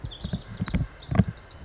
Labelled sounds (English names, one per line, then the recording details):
Pacific Wren
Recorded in Sonoma County, California